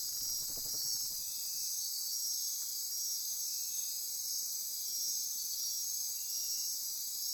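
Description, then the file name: Insects in chorus, a sustained high shimmering drone, with a short low rustling sound near the start. Insect chorus recorded at midnight near Corcovado. "Wind-is-the-Original-Radio-Fridays 20240628 Andy-Martin Midnight-Insect-Chorus-Near-Corcovado"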